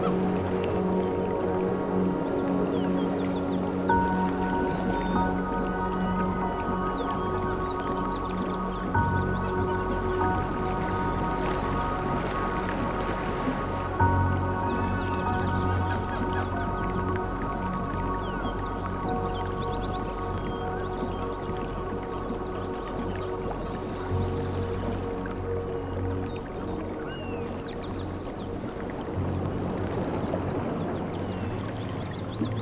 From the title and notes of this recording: Sleep Music With Ocean and Jungle Sounds – Relaxing Blue Screen Scene – Ocean and Full Moon.